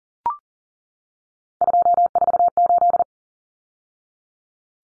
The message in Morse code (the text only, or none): 248